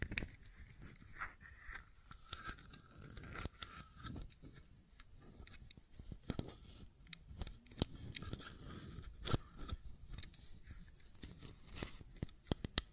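Fidget cube tapping and clicking: sharp irregular clicks every second or so, scattered rustles between them, and a soft low rumble throughout.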